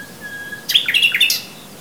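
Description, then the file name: Common nightingale phrase: a faint thin whistle followed by a brief burst of sharp, rapid chirping notes. "Luscinia megarhynchos"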